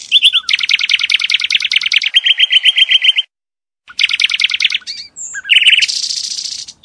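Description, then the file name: Songbird delivers long fast trills of evenly repeated notes, pauses briefly, then resumes with another trill, a squeaky note and a high hissing rattle. "ptica"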